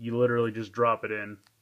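A clear plastic stand post is handled and dropped toward the base of a two-piece clear plastic figure display stand, which uses a small tab that catches underneath. Someone talks throughout the clip. Nothing has seated or clicked yet; the stand is handled but not yet home.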